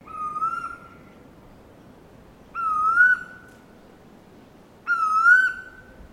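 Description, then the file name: Bird giving three clear, drawn-out whistles, over a faint steady background hiss. Recorded at Noosa; species not identified. "BIRD UNKNOWN 04 NOOSA CALL 01"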